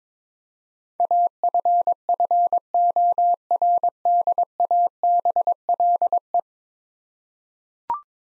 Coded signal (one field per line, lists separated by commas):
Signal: Morse code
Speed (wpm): 22 wpm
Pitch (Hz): 700 Hz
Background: none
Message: AFFORDABLE